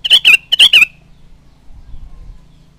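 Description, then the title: Sooty-headed bulbul song, loud and clear: two rapid bubbly phrases in quick succession, each of two liquid notes, then silence. "Kutilang"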